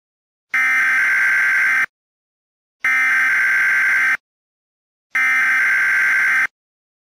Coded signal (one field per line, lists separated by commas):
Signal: Emergency Alert System (SAME) tones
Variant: header bursts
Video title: EAS scenario 35 (MEGA): The Minecraft disaster 4: the time has come